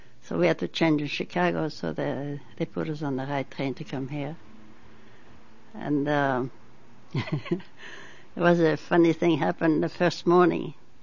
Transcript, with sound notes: So we had to change in Chicago, so they put us on the right train to come here. And, uh-- (She laughs.) There was a funny thing, happened the first morning.